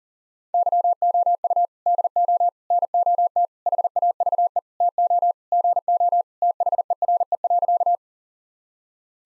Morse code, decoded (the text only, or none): YOU DO NOT HAVE TO GO THERE.